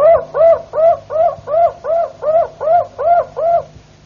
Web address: ~joaopt canarios cantoharz